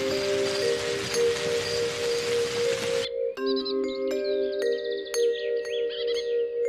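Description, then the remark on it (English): A steady, dense hiss of rain falling in bright sunshine fills the first three seconds over sustained musical tones, then cuts off abruptly, leaving the music with bright chirping bird calls. “There was a bright sunshine, and it rained.”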